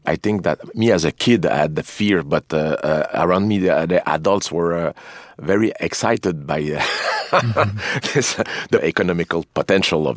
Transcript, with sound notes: I think that me, as a kid, I had the fear. But around me, the adults were very excited by the (laughter) this - the economical potential